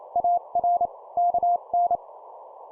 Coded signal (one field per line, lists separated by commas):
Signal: Morse code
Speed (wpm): 28 wpm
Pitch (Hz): 700 Hz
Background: none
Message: AR KN